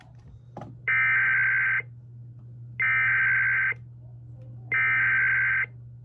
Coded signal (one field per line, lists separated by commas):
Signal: Emergency Alert System (SAME) tones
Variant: header bursts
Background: speech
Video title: EAS 1106: Utah Amber Alert